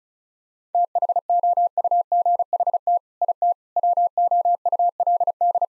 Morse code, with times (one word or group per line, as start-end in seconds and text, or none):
0.7-3.0 THOUGHT
3.2-3.5 IT
3.8-5.6 WOULD